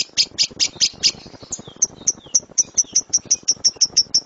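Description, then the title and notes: Lovebird song opening with fast buzzy chatter, then settling into a steady train of sharp high chirps repeated several times a second. Competition lovebird; kicau (chirping song). "Love Brid Juara. Kicau Lovebird"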